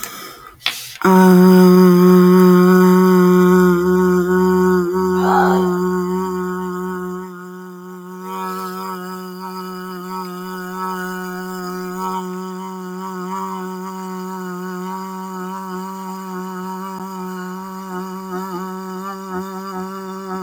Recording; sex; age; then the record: vowel held as long as possible; female; 30 to 39 years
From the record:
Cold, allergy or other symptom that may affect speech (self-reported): no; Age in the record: 35 years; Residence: New Jersey, United States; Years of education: 13